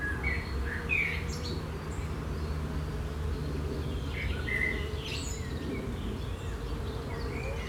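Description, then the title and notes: Birds chirping with short varied tweets and whistles above a constant low hum and buzzing insects. Birds tweeting at a canola field on a mild late spring afternoon in Schuir, Essen, Germany, with bees in the canola blossoms. "Schuir, Essen, Deutschland. An einem Rapsfeld an einem milden Frühlingsspätnachmittag. Der Klang von Bienen in den Rapsblüten, das Zwitschern von Vögeln und ein Flugzeugüberflug. Stadtklang//: Hörorte"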